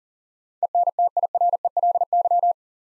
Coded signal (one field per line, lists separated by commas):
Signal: Morse code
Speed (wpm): 44 wpm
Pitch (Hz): 700 Hz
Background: none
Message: ENTIRELY